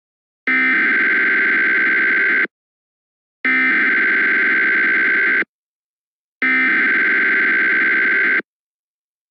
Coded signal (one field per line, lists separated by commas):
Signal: Emergency Alert System (SAME) tones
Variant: header bursts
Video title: Flood Warning (EAS #361)